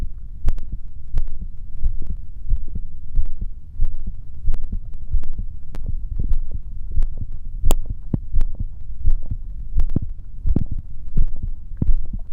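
A calming heartbeat of an adult, heard at close range: a normal heartbeat.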